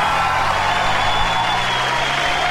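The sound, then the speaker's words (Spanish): A dense, steady wash of crowd applause opening a special Wrestling in the Rope radio program on modoradio.cl, loud and unbroken for a couple of seconds, with faint whistle-like tones running through it and no one speaking. “¡Aplausos!”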